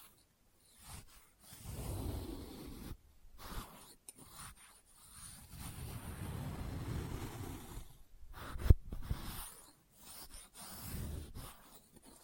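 Experimental triggers played in test tubes: soft, hollow, airy rumbles come in uneven bursts of a second or two, separated by brief silences. A single sharp tap or clink stands out near the nine-second mark, and a faint high hiss runs underneath.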